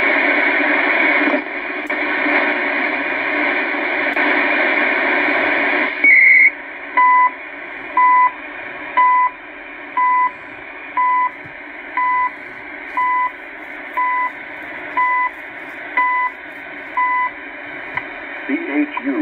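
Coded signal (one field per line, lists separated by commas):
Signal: radio time signal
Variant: CHU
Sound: radio hiss, a brief warbling data chirp, then about 11 short beeps one per second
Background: radio static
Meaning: Each 1 kHz tick marks one second; the warble carries the time code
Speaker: a little check of the different time stations uh 25 megahertz down in Chu WWV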